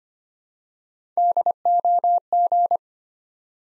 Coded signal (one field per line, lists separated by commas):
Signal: Morse code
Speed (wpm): 25 wpm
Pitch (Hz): 700 Hz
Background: none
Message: DOG